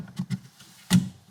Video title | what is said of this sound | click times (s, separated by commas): BlendMount + MirrorTap Radar Detector Install Instructions! - Gen 2 Audi R8 | and there you hear it click in perfect | 0.9 s